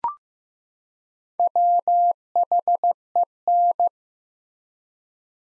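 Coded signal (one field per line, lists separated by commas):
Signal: Morse code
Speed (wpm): 15 wpm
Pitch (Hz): 700 Hz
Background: none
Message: WHEN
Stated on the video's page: Morse practice drill of two-word sets at 15 wpm with 4x word spacing, each set followed by spoken answer.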